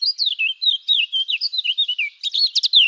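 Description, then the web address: Eurasian blackcap warbling a quick, varied run of high chattering and twittering notes that ends in a louder, brighter flourish of fluty phrases. "Sylvia atricapilla"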